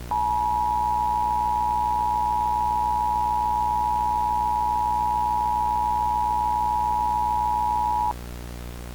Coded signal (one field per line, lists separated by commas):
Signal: Emergency Alert System (SAME) tones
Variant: 853 and 960 Hz attention tone